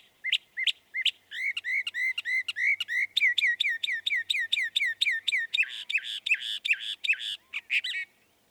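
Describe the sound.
Northern mockingbird song: spirited run of sharp whistled notes, then a long series of rising slurred chirps, ending in buzzy repeated phrases.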